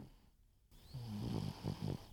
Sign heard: A dog snoring.